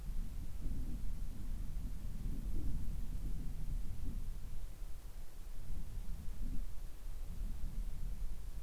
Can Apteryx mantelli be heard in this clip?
no